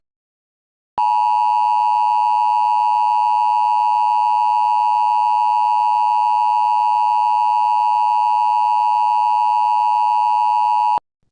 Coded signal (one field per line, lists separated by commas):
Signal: Emergency Alert System (SAME) tones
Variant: 853 and 960 Hz attention tone